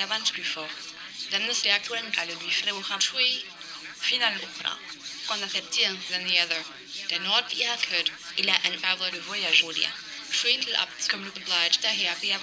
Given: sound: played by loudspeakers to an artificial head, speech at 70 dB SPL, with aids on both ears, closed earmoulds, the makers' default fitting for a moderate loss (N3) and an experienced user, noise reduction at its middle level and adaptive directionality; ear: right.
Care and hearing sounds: speech test signal (ISTS) in cocktail-party noise; +6 dB; on the right (90 degrees)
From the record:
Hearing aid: class 1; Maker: B

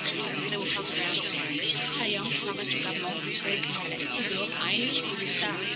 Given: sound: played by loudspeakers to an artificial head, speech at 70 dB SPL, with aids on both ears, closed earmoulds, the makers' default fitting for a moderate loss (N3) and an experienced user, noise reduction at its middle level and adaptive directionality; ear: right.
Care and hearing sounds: speech test signal (ISTS) in cocktail-party noise; -6 dB; in front (0 degrees)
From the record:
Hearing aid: class 1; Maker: A

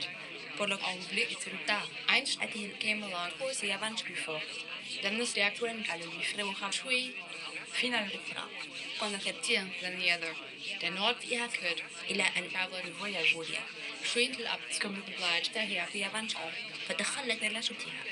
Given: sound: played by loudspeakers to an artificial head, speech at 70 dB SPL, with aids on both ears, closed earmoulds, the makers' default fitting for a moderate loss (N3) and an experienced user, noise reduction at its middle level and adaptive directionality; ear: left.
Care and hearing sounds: speech test signal (ISTS) in cocktail-party noise; +6 dB; in front (0 degrees)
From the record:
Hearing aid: class 2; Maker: I

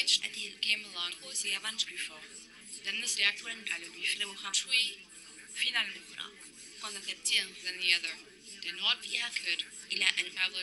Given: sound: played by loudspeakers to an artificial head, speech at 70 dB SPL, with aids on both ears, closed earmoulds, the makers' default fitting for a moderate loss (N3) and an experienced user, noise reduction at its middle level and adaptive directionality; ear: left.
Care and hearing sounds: speech test signal (ISTS) in cocktail-party noise; 0 dB; in front (0 degrees)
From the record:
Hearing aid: class 2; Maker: J

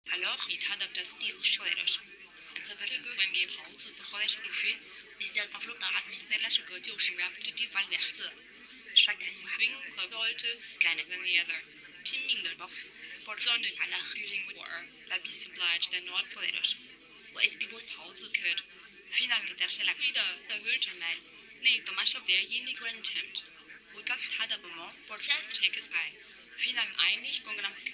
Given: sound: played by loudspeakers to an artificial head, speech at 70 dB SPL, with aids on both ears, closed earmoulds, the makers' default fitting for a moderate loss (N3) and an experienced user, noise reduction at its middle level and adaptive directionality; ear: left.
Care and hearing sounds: speech test signal (ISTS) in cocktail-party noise; 0 dB; in front (0 degrees)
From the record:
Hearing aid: class 2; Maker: H

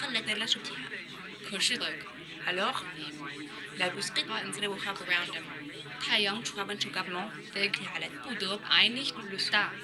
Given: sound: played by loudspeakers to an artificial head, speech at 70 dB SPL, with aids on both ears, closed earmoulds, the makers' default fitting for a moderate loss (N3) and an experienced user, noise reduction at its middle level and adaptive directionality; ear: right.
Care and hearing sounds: speech test signal (ISTS) in cocktail-party noise; 0 dB; on the right (90 degrees)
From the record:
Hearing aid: class 1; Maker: E

